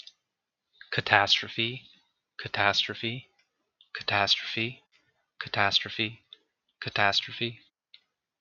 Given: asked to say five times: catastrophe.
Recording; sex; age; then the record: repeated word; male; 20 to 29 years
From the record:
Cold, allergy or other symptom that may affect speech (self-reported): no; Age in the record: 24 years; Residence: West Virginia, United States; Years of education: 16